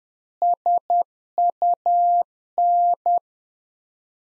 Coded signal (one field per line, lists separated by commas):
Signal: Morse code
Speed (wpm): 10 wpm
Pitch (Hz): 700 Hz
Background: none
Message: SUN